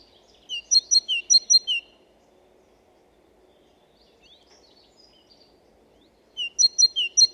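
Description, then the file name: Great tit song phrase of quick alternating notes, a few faint soft calls in the pause, then the repeated two-note song resuming at the end. "Parus major"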